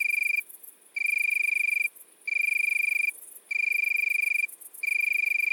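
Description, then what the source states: Italian tree cricket producing bell-like high trills about a second long, each followed by a brief pause, repeated regularly. Recorded at midnight at Le Puech, Cantal.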